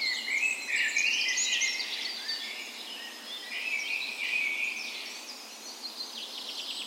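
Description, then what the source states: Dawn chorus: birds singing together at dawn: dense layered warbling and trills, a louder burst around the first second, then a continuous mix of overlapping phrases. Dawn chorus in a park west in Bergen, Norway, on the morning of 17 May, Norway's National Day, in spring; recorded with a Sony PCM A10 and LOM micro Usi mics as 'tree ears'.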